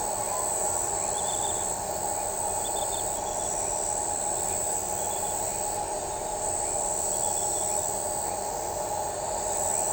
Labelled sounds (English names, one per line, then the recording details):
none
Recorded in shrubland near Pivijay, Magdalena, Colombia, on 18 April 2023 at 00:00
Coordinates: 10.453, -74.365
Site P5-G022